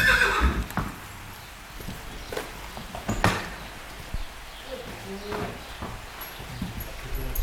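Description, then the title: Horse whinny, a short harmonic neigh at the start, followed by scattered thuds and stable knocks in a quiet background. Several horses in a stable at Céreste, Alpes-de-Haute-Provence, recorded in May 2000. "Animus. Chevaux à l'écurie - Céreste, Alpes-de-Haute-Provence - mai 2000"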